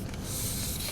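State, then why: Not seated. The next section of a telescoping leveling staff is being pulled out, with a steady broadband sliding hiss and a small sharp tick near 0.1 seconds. The clip ends before the part goes home, and nothing has seated or clicked yet.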